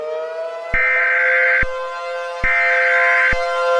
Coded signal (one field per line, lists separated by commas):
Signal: Emergency Alert System (SAME) tones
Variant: header bursts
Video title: Yellow - An EAS mini scenario